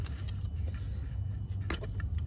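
With its locking lugs already twisted to the unlock position, a slightly tight plastic injector return pipe connector is popped off a diesel injector on an XC60 D5 engine, over a steady low hum. It releases with a sharp snap at 1.7 s, with a few fainter taps before and after, and the connector comes free.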